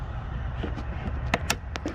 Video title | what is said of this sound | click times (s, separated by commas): August 8, 2021 | Hear it click, and then we push that little red tab back in. | 1.3 s, 1.5 s